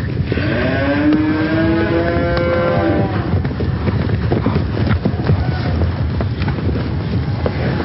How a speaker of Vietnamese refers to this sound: Bên ngoài trời đã sáng bảnh, chỉ thấy phía đông bụi bay mù trời, tiếng vó nệm xuống đất và tiếng kêu bi thảm của lũ bò hòa trộn làm một, váng trời dậy đất đổ dồn về phía chúng tôi.